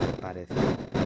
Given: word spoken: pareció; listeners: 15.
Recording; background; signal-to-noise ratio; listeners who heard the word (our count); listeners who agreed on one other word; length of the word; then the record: one Spanish word in noise, from a listening test; noise modulated by one talker; -7.2 dB; 0 of 15; 6 of 15; 0.65 s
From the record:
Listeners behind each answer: 6, 5, 1, 1, 1, 1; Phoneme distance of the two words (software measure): 17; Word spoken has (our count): 3 syllables, 7 phonemes, stress on syllable 3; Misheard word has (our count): 3 syllables, 6 phonemes, stress on syllable 2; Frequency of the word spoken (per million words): 51.96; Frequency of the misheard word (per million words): 357.59